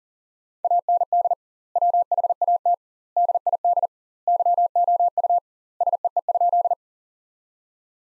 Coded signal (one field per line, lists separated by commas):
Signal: Morse code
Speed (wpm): 40 wpm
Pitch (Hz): 700 Hz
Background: none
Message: AND WHAT DID YOU SEE?